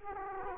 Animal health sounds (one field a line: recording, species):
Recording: mosquito wingbeat signal from an infrared sensor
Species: Culex quinquefasciatus